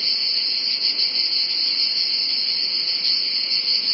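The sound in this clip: Cicadas producing a loud, shrill, continuous buzz that wavers slightly in strength but never stops.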